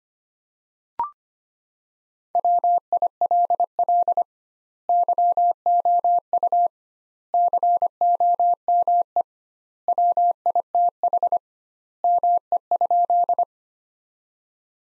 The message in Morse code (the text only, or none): WILL YOU COME WITH ME?